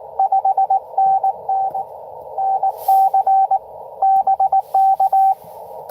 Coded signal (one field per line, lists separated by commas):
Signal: Morse code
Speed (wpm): 19 wpm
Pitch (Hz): 770 Hz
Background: radio noise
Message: 5NN NC BK